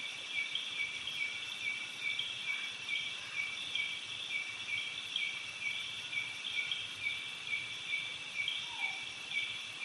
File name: insects cicada birds flowing water creek night doi suthep national park thailand